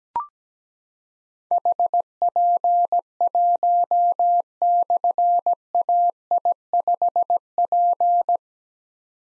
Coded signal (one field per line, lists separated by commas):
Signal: Morse code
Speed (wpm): 17 wpm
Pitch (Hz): 700 Hz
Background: none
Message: HP1/AI5P